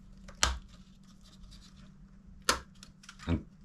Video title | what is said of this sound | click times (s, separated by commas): lets build: AUNT LUCY'S HOUSE - @WalthersModelTrains H0 Scale | this really snaps together. It's awesome. | 0.4 s, 2.5 s